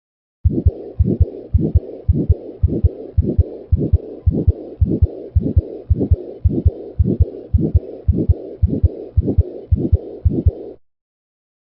The diastolic blowing quality murmur of aortic regurgitation are present, forming a to and fro murmur. Note that there is still a small quiet moment present between the systolic and diastolic components of the to and fro murmur, which is critical in distinguishing this murmur from a continuous murmur. Simulated to and fro murmur of aortic stenosis coupled with aortic regurgitation.